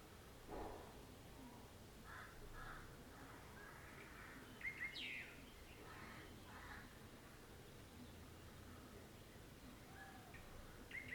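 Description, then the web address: Birds calling: scattered hoarse caws and a few sharp, upswept chirps spread irregularly throughout, with steady low background noise. Morning birds. "2009-06-morning-birds morningbirds"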